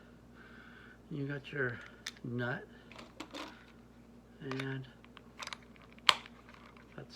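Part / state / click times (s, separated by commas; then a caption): phone cradle mount piece into its mount adapter / seated / 6.1 s. Someone talks while assembling a phone charging cradle mount, with a few light clicks and handling taps around 2.9–3.2 s and 5.2–5.5 s. At 6.1 s the cradle mount piece is pressed into its mount adapter and snaps into place with a sharp, loud snap, and it is seated.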